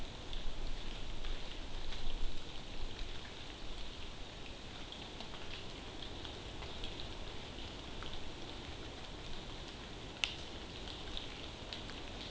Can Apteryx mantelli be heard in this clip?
no